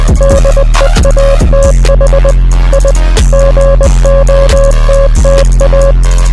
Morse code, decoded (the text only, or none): DEATH I GOTTA